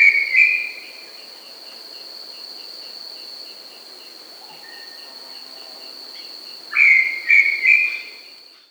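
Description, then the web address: Brown Tinamou giving loud whistled notes at the start, quiet for several seconds, then three more whistles in quick succession while an insect buzzes steadily. South America. "Natures Songs S America Brown Tinamou"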